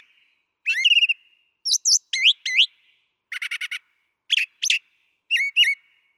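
Brown thrasher song of repeated phrases: a rough rattle, doubled rising whistles, a short buzzy burst and paired slurred notes, each phrase followed by a short pause.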